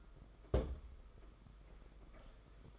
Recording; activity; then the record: daily activity, microphone in the room; place on stove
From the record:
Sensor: 5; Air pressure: 991.3 hPa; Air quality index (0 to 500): 91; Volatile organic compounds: 11 ppm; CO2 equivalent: 2300 ppm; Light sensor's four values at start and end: 33/105/40/43 and 33/106/41/43